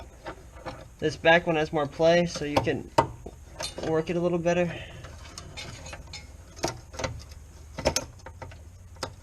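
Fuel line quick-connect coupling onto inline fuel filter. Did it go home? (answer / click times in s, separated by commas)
yes / 8.0 s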